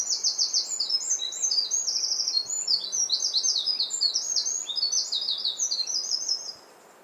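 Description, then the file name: Eurasian wren song: a loud, very high, rapid outpouring of sharp notes and fast rattling trills, sustained for about six seconds before stopping. "Troglodytes troglodytes"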